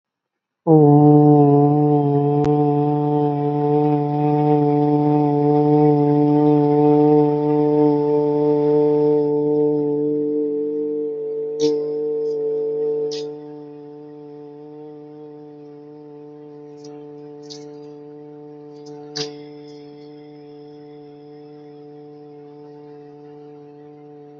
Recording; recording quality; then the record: sustained vowel as in boot; excellent, no background noise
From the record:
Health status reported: healthy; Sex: male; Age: 36 years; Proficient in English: yes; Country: India